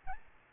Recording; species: mosquito wingbeat signal from an infrared sensor; Aedes albopictus